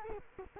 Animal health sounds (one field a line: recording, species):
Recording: mosquito wingbeat signal from an infrared sensor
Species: Culex quinquefasciatus